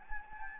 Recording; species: mosquito wingbeat signal from an infrared sensor; Anopheles gambiae